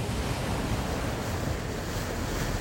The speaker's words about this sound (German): Schwarze, gold, rot und silber gefütterte Wellen krachen gegen das Schiff. Wir segeln weiter in Richtung Polarkappen im fernen Norden.